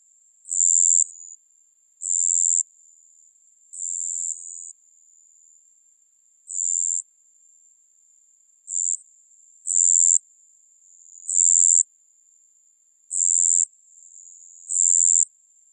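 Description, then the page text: Cricket song: short, high-pitched bursts of about half a second, repeated roughly every one to three seconds over a faint steady tone. Crickets at night in Japan. "Insect Crickets Japan Night. Japanese insects"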